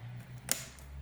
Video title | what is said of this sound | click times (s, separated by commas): Dell Inspiron 15 7559 Backlit Keyboard replacement | and you'll hear those tabs click into position and just push | 0.5 s